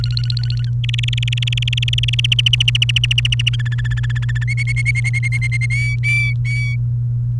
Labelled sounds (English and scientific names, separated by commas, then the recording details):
Domestic Canary (Serinus canaria) song
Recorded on 29 April 2018 at 15:49
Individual llb3